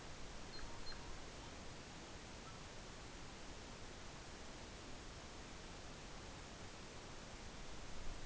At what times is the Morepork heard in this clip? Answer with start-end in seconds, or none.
none